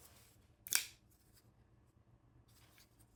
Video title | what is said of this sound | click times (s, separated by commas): [Project 12] Making Walnut Pocket Knife Scales | The knife locks. | 0.7 s, 0.8 s